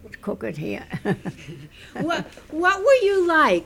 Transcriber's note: she laughs